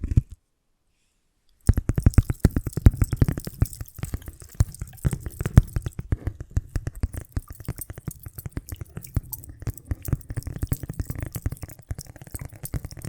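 Invisible tapping, scratching and tracing starts after a short burst and nearly two seconds of silence. Dense, quick taps and soft scratches follow in an irregular stream, thick and busy at first, then thinner and quieter through the second half.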